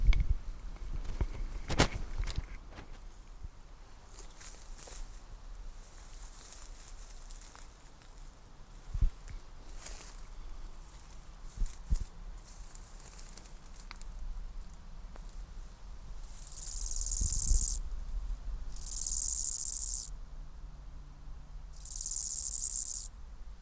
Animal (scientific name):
Chorthippus biguttulus